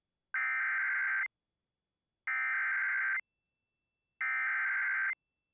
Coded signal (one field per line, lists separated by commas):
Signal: Emergency Alert System (SAME) tones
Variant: header bursts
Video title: (EAS) Severe Thunderstorm Warning on WHDH-DT2 (06/20/2024)